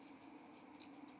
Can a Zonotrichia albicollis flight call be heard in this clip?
no